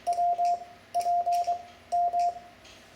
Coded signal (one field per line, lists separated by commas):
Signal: Morse code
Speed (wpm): 23 wpm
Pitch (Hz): 700 Hz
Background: radio noise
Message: WPM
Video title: Learning to send CW (Lesson 11) Morse Code, Ham, Amateur radio sending Morse Code